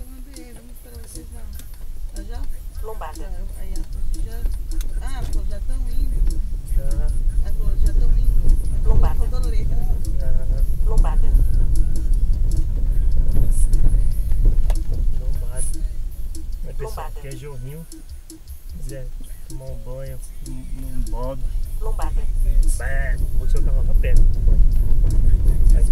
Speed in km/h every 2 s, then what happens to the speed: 6, 10, 12, 13, 14, 15, 15, 10, 3, 5, 12, 16, 17.
0-5 speeds up to 13. 5-12 steady at about 14. 12-17 slows to 3. 17-21 speeds up to 16.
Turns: none.